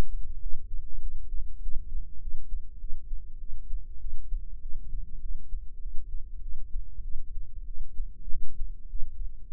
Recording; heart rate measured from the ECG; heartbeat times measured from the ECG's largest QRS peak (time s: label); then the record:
heart sounds by microphone in the right ear; 99 bpm
0.40 s: heartbeat
1.01 s: heartbeat
1.61 s: heartbeat
2.20 s: heartbeat
2.79 s: heartbeat
3.39 s: heartbeat
3.99 s: heartbeat
4.60 s: heartbeat
5.20 s: heartbeat
5.80 s: heartbeat
6.41 s: heartbeat
7.03 s: heartbeat
7.65 s: heartbeat
8.28 s: heartbeat
8.88 s: heartbeat
9.48 s: heartbeat
From the record:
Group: healthy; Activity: cold pressor test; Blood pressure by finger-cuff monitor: 109/79 mmHg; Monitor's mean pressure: 91 mmHg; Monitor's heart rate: 99 bpm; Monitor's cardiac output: 7.9 L/min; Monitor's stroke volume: 80 mL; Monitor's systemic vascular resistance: 840 dyn s/cm5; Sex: female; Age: 22 years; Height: 157 cm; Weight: 47.6 kg